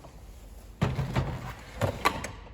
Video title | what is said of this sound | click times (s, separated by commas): Jura Motorhome Instructions | it clicks and you can hear this here. | 2.1 s